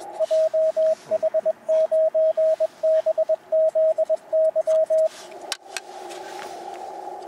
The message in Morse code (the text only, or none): JH9BZY